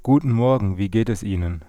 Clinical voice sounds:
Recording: spoken sentence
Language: German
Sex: male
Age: 30 to 39 years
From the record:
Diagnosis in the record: stuttering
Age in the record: 31 years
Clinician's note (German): Stimmlippen ohne Befund

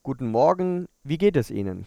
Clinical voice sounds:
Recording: spoken sentence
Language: German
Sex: male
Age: 40 to 49 years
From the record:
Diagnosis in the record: dysphonia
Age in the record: 41 years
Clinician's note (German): Funktionell

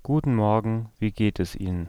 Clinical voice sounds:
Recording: spoken sentence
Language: German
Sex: male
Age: 20 to 29 years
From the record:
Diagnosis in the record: hyperfunctional dysphonia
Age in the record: 28 years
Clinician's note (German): Tendenz zur hyperfunktionellen Dysphonie; ev. auch inkomplette Mutatio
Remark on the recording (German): Im NSP-Signal sind Hintergrundgeräusche zu vernehmen.

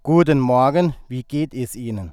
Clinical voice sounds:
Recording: spoken sentence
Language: German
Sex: male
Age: 30 to 39 years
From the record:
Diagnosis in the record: healthy voice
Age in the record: 34 years

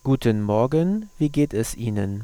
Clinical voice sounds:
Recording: spoken sentence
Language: German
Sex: male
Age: 30 to 39 years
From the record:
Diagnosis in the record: cluttering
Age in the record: 38 years

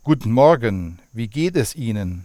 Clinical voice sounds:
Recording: spoken sentence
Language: German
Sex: male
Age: 50 to 59 years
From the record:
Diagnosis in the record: healthy voice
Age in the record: 50 years

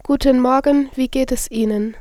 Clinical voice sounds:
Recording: spoken sentence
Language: German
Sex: female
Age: 18 to 19 years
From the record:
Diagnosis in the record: healthy voice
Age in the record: 18 years

